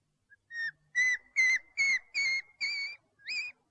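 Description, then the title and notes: Owl calls: a quick series of seven clear whistled notes at an even mid-high pitch, the last one rising at its start. Part of a compilation of 69 call variants from 11 owl species. "Sovy - Eulen - Owls. 69 variant hlasů - 11 druhů sov"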